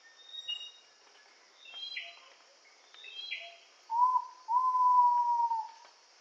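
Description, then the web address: Ivory-breasted pitta two-part whistle, a short note then a long, even note, following soft chips from other birds, with steady insect drone throughout. Indonesia. "ULM-DS-Lab indonesian-bird-sounds. Pitta maxima"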